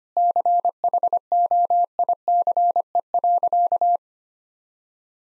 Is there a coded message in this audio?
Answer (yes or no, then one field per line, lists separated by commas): yes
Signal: Morse code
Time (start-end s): 0.2-4.0 s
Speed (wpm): 25 wpm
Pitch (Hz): 700 Hz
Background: none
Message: CHOICE.